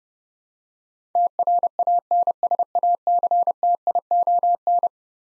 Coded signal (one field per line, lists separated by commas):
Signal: Morse code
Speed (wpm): 32 wpm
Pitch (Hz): 700 Hz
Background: none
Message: TRANSACTION